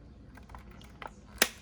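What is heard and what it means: An orange hose's plastic quick connector is pushed into the outlet coupling of an aircon cleaning sprayer from the YZ Aircond Cleaning Kit. Faint ticks and small knocks at 0.4–1.0 s lead to a sharp, bright click at 1.4 s as the connector seats.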